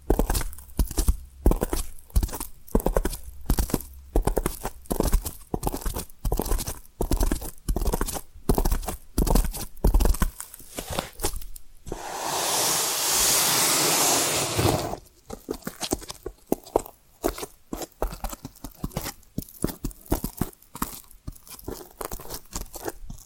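Quick tapping and scratching sounds, crisp and dry, come in dense irregular bursts for the first twelve seconds. Around twelve to fifteen seconds a steady bright hiss, like sustained rubbing, takes over, then the quick crunchy taps return until the end.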